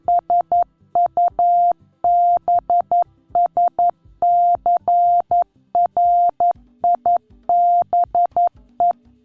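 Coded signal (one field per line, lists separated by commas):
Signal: Morse code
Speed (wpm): 11 wpm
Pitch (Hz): 700 Hz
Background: none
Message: SUBSCRIBE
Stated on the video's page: Morse letters demonstrated one at a time through sound, rhythm and timing, a lesson covering the whole alphabet.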